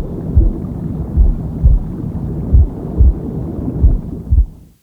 Womb Sound with Heartbeat Deep Sleep.